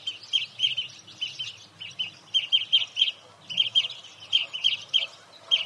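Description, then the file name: European greenfinch twittering calls, bright chirpy notes in rapid bursts repeated in several clusters throughout, with a faint low rumble underneath. "Chloris chloris"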